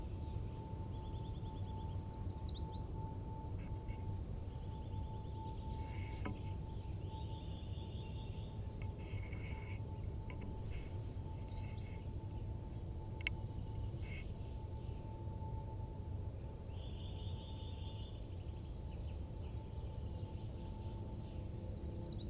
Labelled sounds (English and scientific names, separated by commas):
Eurasian Treecreeper (Certhia familiaris)